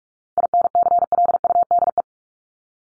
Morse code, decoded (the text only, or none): INCLUDE